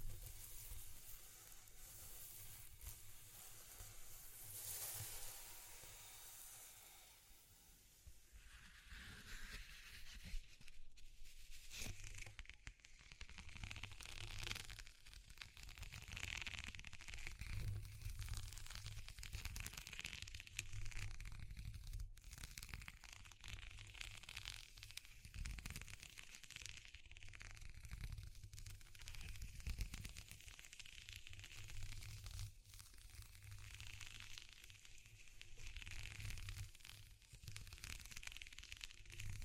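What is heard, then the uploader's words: A dense, continuous texture of sizzling and crackling noise runs throughout, with a steady low hum underneath. The first eight seconds are a smoother bright hiss swelling around five seconds, then it turns grainier and more broken, with brief dips and sharp pops. ASMR Exploring Textures (No Talking).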